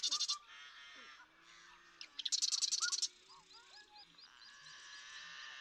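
Marsh Wren song: a short buzzy rattle at the start and a longer rapid trill near the middle.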